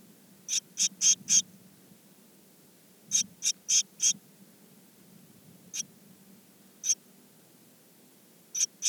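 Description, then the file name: Eurasian blue tit calls: short, high, thin notes in quick bursts of four, then a few scattered single notes, over a faint low hum. "Cyanistes caeruleus"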